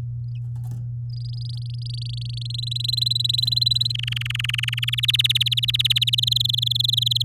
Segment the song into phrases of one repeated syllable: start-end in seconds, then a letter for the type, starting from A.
1.09-2.52 A, 2.54-3.92 B, 3.94-4.95 C, 4.97-6.15 D, 6.18-7.22 E